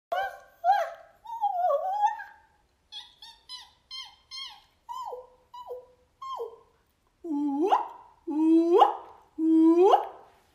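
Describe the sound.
Monkey calls: a run of short tonal cries, first wavering and falling, then clipped notes, ending in three upward-sweeping whoops about a second apart.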